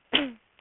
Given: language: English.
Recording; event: throat vibration sensor signal played as sound; cough